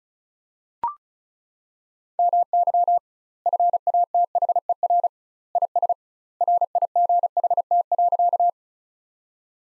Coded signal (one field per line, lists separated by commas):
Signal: Morse code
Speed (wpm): 36 wpm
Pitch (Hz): 700 Hz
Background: none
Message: MY FATHER IS RIGHT.